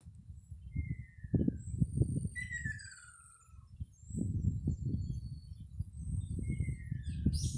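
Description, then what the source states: Ruddy kingfisher uttering downward-sliding trilled whistles, about three of them, amid strong low rumbling noise, a thin high insect drone and small bird chirps. Two birds calling.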